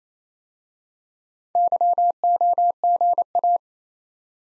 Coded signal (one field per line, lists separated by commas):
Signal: Morse code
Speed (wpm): 27 wpm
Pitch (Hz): 700 Hz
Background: none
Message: YOGA